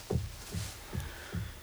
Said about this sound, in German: Sag mal, wer hämmert denn da? Keine Ahnung, klopft schon lange. Macht den aber ganz schön nervös.